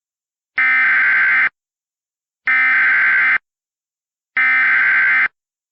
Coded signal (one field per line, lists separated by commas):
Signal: Emergency Alert System (SAME) tones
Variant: header bursts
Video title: *VALID TONES* The Michigan Dam Failures (EAS Remakes from 5/20/20)